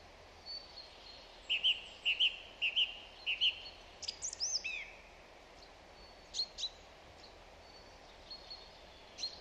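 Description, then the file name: Song thrush song: a phrase of loud whistled notes repeated three or four times, followed by varied shorter phrases with sharp high notes and thin birdsong behind. "Zanglijster Turdus philomelos"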